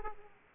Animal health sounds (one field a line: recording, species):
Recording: mosquito wingbeat signal from an infrared sensor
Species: Aedes aegypti